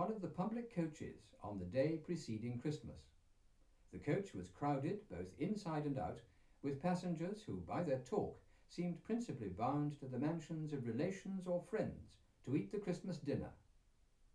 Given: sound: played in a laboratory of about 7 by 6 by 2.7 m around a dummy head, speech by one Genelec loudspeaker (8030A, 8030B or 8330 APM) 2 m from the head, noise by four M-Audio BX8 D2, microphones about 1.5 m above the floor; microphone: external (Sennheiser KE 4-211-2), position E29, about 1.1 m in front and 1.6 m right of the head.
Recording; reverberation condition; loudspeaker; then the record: male speech in English; low; 30 degrees to the left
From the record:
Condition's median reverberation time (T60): about 310 ms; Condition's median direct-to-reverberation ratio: about 3.5 dB